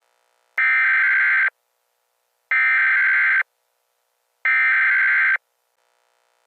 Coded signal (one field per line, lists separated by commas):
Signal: Emergency Alert System (SAME) tones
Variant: header bursts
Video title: Little Bit Of Everything (EAS 641-659)